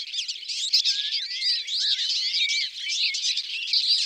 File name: Linotte melodieuse ABC des chants doiseaux